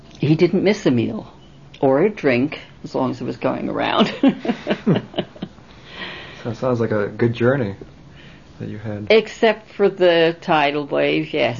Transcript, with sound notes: he didn't miss a meal, or a drink, as long as it was going around. ( she laughs )
It sounds like a good journey that you had.
Except for the tidal wave, yes.